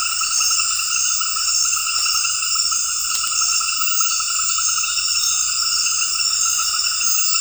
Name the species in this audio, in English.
none